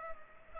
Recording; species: mosquito wingbeat signal from an infrared sensor; Culex pipiens